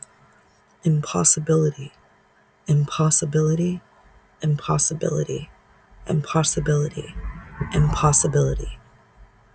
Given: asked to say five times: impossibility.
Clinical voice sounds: repeated word; female; 30 to 39 years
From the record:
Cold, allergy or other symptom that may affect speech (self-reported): no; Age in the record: 31 years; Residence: Massachusetts, United States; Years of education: 12

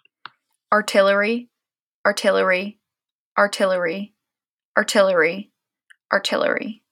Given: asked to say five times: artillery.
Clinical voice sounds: repeated word; female; 20 to 29 years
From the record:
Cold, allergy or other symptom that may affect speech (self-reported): no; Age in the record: 22 years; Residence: Pennsylvania, United States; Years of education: 16

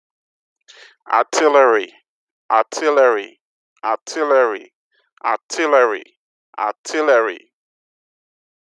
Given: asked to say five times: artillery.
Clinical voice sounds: repeated word; male; 30 to 39 years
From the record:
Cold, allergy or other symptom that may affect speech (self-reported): no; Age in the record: 35 years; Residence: Connecticut, United States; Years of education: 16

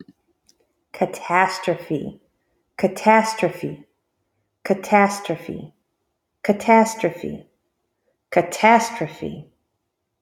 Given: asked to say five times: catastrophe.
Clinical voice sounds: repeated word; female; 40 to 49 years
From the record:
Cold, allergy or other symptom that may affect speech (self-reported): no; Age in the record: 43 years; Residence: Texas, United States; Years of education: 14

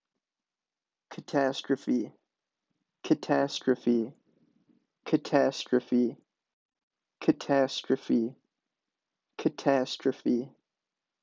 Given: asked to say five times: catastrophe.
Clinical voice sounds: repeated word; male; 20 to 29 years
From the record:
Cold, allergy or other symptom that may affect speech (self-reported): no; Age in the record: 22 years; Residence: Wisconsin, United States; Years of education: 14

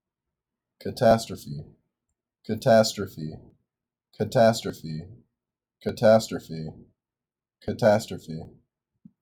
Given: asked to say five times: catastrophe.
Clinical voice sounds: repeated word; male; 18 to 19 years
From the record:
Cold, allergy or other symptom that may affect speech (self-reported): no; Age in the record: 19 years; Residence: Kentucky, United States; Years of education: 14

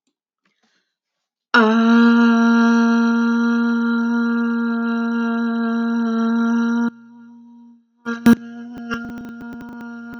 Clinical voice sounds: vowel held as long as possible; female; 30 to 39 years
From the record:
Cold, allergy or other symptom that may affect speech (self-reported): no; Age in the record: 37 years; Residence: Georgia, United States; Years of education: 9

